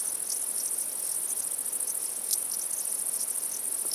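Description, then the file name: Crickets trilling steadily in a high, shimmering chorus, with soft rhythmic chirps pulsing underneath and a brief click midway. Crickets at night. "Night Sounds, Cricket Sounds, Sounds of Nature Zone"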